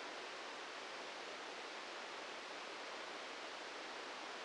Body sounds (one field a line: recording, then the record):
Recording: brain microelectrode recording played as sound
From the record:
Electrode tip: outside the subthalamic nucleus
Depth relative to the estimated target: 2 mm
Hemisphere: right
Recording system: NeuroSet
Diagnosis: Parkinson's disease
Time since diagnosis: 13 years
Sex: male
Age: 65 years